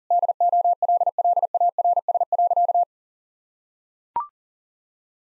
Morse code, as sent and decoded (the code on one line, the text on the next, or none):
-.. --- .-.. .-.. .- .-. ... .-.-.-
DOLLARS.